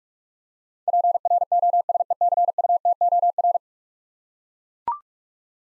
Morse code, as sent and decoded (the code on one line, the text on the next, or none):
.--. .-. --- ... . -.-. ..- - --- .-.
PROSECUTOR